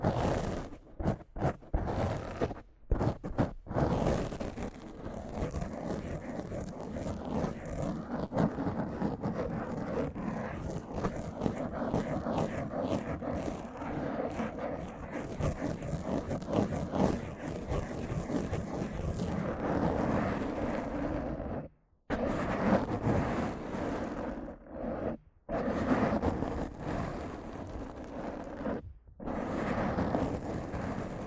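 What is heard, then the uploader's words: Rough scratching and brushing on a microphone, a dense, gritty rasp with heavy low rumble running almost without pause. Short silent breaks cut in near the start, then around 22, 25 and 29 seconds, each followed by the scraping resuming. ASMR Rough Mic Scratching & Brushing (No Talking).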